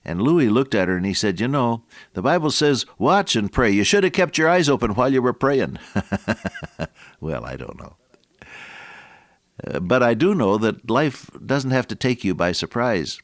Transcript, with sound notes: And Louis looked at her and he said, “You know, the Bible says “watch and pray. You should have kept your eyes open while you were praying” [laughter] Well, I don’t know. But I do know that life doesn’t have to take you by surprise.